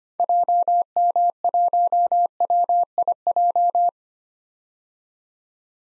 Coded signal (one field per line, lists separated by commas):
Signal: Morse code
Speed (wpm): 25 wpm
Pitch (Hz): 700 Hz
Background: none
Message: JM1WIJ